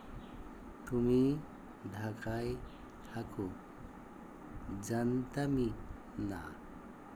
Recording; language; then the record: elicited speech; Bengali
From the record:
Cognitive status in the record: dementia